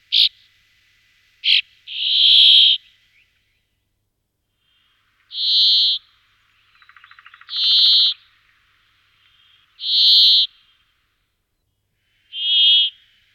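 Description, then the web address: Brambling song: drawn-out harsh buzzy wheezes repeated every few seconds, with a brief soft rattle between two of them. "All the bird songs of Britain and Europe - Jean-Claude Roche. Fringilla montifringilla"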